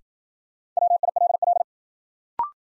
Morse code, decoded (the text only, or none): WILL